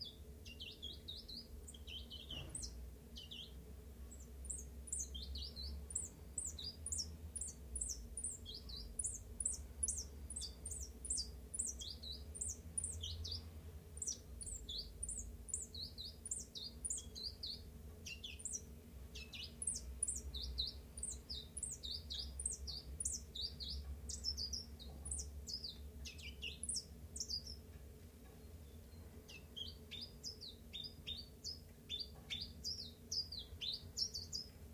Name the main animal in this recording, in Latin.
Phylloscopus collybita